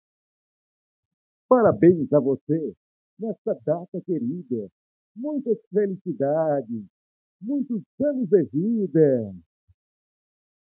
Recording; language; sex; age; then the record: short text; Brazilian Portuguese; male; 40 to 49 years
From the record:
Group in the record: control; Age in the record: 40 years